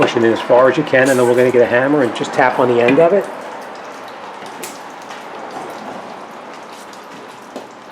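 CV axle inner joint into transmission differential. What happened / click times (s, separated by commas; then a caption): The axle was pushed in by hand but has not snapped home yet / none. Someone talks while the inner end of a CV axle on a 2004 Hyundai Elantra is pushed as far as it will go into the transmission differential, ready to be tapped in with a hammer while held straight. After the talking stops, a faint hiss fills the rest of the clip with one brief sharp sound near 4.6 s. Nothing has seated or clicked yet.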